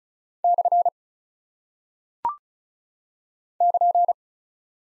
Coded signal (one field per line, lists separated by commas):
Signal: Morse code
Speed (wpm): 36 wpm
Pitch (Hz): 700 Hz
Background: none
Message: / <KN>